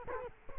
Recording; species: mosquito wingbeat signal from an infrared sensor; Culex quinquefasciatus